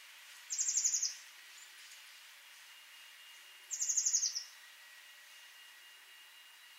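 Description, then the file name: Eurasian blue tit calls: two high, fast, buzzy chatters about three seconds apart over a steady background hiss. "Cyanistes caeruleus"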